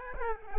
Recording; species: mosquito wingbeat signal from an infrared sensor; Aedes albopictus